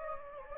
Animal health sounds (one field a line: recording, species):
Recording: mosquito wingbeat signal from an infrared sensor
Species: Anopheles gambiae